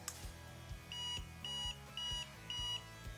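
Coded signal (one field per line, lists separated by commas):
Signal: beep code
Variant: A-T Guys power bank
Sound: four short high-pitched beeps, evenly spaced, over low thuds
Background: low thumping, room noise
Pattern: 4 short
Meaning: Four beeps, one per 25% of charge, indicate a full battery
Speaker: So now if I press it,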